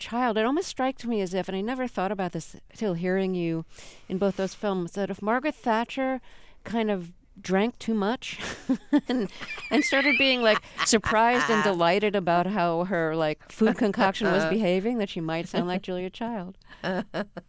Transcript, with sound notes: It almost strikes me as if, and I never thought about this until hearing you in both those films, that if Margaret Thatcher kind of drank too much...
(LAUGHTER)
...And started being, like, surprised and delighted about how her, like, food concoction was behaving, that she might sound like Julia Child.